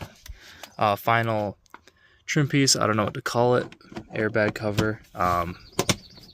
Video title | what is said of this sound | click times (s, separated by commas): Ford Fusion/Lincoln MKZ Cabin Air Filter Replacement | but also that just pops into place like so. | 5.8 s, 5.9 s